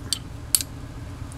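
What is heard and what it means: A steel pistol thumb safety is pressed in with a thumb, the right-side safety wiggled to line things up, and the screwdriver holding the detent pulled out so the safety snaps into the frame over its detent. A sharp tick at 0.1 s is followed by the loud, bright click of the safety snapping home at 0.6 s, with a quick echoing tap just after and a faint tick near 1.3 s. The thumb safety is confirmed seated over the detent.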